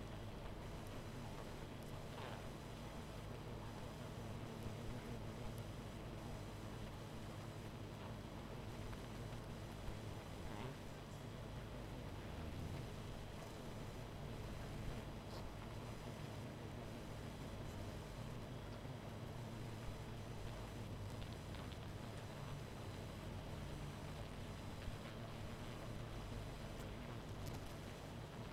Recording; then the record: honeybee colony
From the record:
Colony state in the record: missing queen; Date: 14 July 2017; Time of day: 20:45